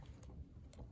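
The extended collapsible lens barrel of a Rollie 35TE compact 35mm camera is twisted to the right toward its locked shooting position in the camera body. Faint low rumble and soft handling noise carry brief small ticks at about 0.2, 0.7 and 0.8 seconds. The lens has not locked yet, and nothing has seated or clicked.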